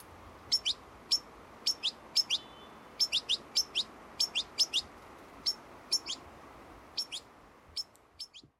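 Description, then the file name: European goldfinch giving high, tinkling call notes, often in pairs, spaced irregularly throughout. "Carduelis carduelis"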